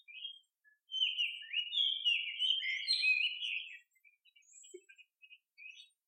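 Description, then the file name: Oriental magpie-robin gives a sustained run of varied whistles and chattering warbles, rich and changeable, followed by a few short, quieter notes. "mimic Magpie Robin Call"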